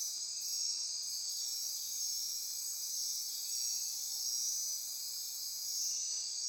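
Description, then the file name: Insects in a dense nocturnal chorus, a steady high shrill buzzing and trilling layered without pause, with fainter continuous tones beneath. Insect chorus recorded at midnight near Corcovado. "Wind-is-the-Original-Radio-Fridays Andy-Martin Midnight-Insect-Chorus-Near-Corcovado"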